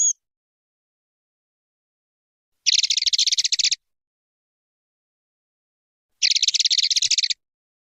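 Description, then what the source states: Streaked spiderhunter repeating a rapid buzzy chattering trill, each burst about a second long, spaced roughly three seconds apart. Long, clear recording of an actively singing bird, made as a tutor recording for training birds.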